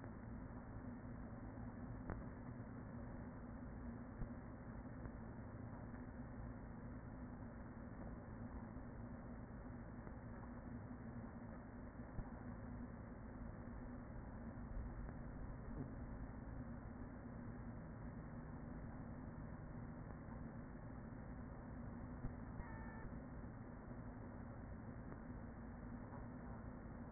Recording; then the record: honeybee colony, microphone inside the hive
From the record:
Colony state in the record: queen present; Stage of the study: after two queens were removed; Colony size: about 40,000 bees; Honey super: no